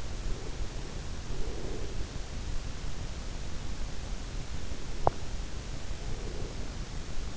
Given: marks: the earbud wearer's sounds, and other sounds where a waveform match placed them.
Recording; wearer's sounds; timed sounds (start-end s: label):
sounds in sleep by an in-ear microphone; breath, teeth grinding
0.00-2.77 s: breath
4.49-5.42 s: teeth grinding
4.97-7.23 s: breath